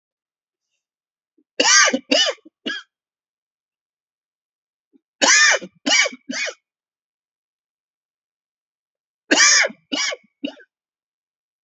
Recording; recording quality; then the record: heavy voluntary cough; excellent, no background noise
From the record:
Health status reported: respiratory illness, not identified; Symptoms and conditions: asthma, hypertension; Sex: male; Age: 50 years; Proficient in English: yes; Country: India